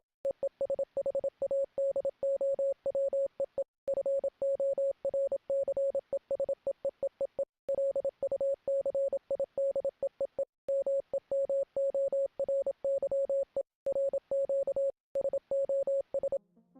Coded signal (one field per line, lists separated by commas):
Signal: Morse code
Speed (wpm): 27 wpm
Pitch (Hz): 550 Hz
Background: radio noise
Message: EE SHADOW EE FORCES EEEEE LUCID EEE MEMORY E RQ SOS